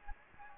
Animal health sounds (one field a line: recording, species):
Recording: mosquito wingbeat signal from an infrared sensor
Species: Anopheles gambiae